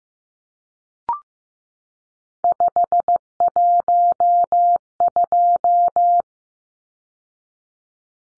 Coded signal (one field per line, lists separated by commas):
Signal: Morse code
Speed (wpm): 15 wpm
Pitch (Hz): 700 Hz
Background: none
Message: 512